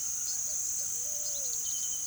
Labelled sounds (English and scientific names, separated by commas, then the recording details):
Pale-vented Pigeon (Patagioenas cayennensis)
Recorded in pastures near Puerto Asís, Putumayo, Colombia, on 20 February 2024 at 18:00
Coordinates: 0.466, -76.323
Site G6384